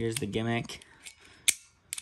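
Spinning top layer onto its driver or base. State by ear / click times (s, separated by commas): seated / 1.5 s, 1.9 s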